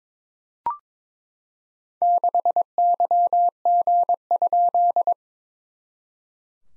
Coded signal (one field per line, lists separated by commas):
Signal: Morse code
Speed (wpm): 22 wpm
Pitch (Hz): 700 Hz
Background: none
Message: 6YG?